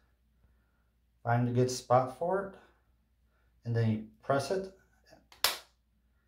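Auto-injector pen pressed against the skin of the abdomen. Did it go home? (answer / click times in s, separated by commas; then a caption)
yes / 5.5 s. Someone talks, then presses a plastic auto-injector pen (a 7.5 shot, week 13) against the skin of the belly, about two inches from the navel. The pen fires with a sharp click at 5.5 s, likely the start click. A completion click would come later, outside this clip.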